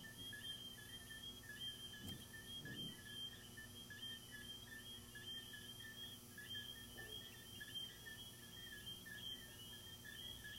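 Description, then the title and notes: Crickets trill in a dense pulsing chorus, unchanging and continuous, with a couple of soft low sounds early on. Crickets recorded in the recordist's garden, presented as relaxing ASMR. "These are relaxing asmr crickets from my garden"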